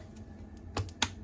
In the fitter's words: and all Clips like that and then same again with this one